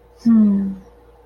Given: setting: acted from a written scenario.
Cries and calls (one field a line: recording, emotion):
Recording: vocal sound without words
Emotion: serenity